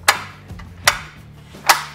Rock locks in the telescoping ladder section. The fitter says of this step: making sure that those Rock locks are locked into place